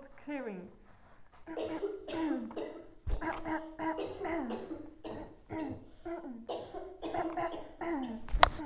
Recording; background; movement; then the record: throat clearing; a bystander coughing; sitting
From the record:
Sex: female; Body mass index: 18.8 kg/m2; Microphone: on the chest, facing outward